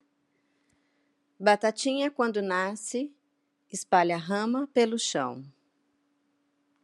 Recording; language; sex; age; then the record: short text; Brazilian Portuguese; female; 50 to 59 years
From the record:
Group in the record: control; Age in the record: 50 years